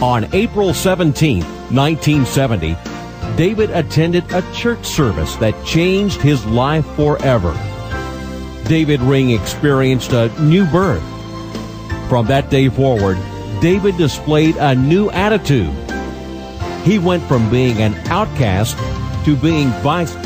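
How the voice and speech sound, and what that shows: A man narrates in a steady, mid-pitched voice with clear articulation and only brief pauses between phrases, over soft background music. Rate and rhythm are even, with no hoarseness, slurring or dysfluency: ordinary fluent adult speech.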